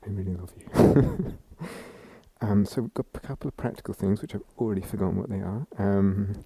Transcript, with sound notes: really love you. [laughs] So we've got a couple of practical things, which I've already forgotten what they are.